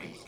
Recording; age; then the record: pig call; piglet (1 to 25 days)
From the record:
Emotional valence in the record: negative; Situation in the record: castration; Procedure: castration, shear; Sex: male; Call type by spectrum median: low-frequency call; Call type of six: low-frequency stable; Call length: 0.28 s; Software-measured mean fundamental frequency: 72 Hz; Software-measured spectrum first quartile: 323 Hz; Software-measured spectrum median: 1153 Hz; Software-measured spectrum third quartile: 2918 Hz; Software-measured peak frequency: 196 Hz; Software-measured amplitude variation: 102 dB a second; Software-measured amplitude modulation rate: 21.6 a second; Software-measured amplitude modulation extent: 4.7 dB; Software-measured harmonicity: 1.1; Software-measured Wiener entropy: -1.64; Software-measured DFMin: 994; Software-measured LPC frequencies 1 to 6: 2264, 3302, 4782, 5275, 7066, 8395 Hz